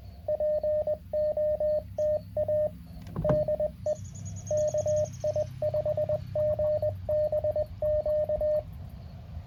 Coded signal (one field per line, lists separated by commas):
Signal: Morse code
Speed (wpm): 20 wpm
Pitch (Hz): 610 Hz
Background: radio noise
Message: POTA DE KI5GBQ